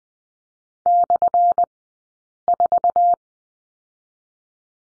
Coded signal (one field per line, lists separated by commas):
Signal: Morse code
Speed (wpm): 20 wpm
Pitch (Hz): 700 Hz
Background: none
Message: /4